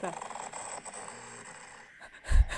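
A low, rumbling, rattly breathing sound during sleep builds into a louder, harsher snort near the end. This is snoring, the vibration of the soft tissues of the throat as air passes through during sleep.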